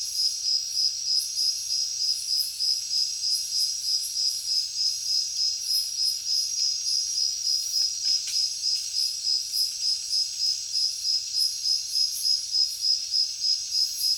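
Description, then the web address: Crickets calling together, a high trill beating in even pulses about three per second, overlaid by scattered shrill chirps. Heavy cricket chorus in a jungle at night. "papadroid sound Nature Jungle Night Heavy Crickets"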